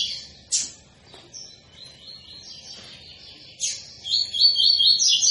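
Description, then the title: Double-collared seedeater song: sharp high chips and soft whistled notes, then a bright, fast trilled phrase building at the end. Tui-tui style song of a spirited ('fibra') bird, used as a teaching song for young birds. "COLEIRO TUI TUI FIBRA"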